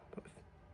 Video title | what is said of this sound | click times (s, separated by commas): RAM Install Guide Carson Edition | apply force on both ends. To the bottom first, click. | 0.2 s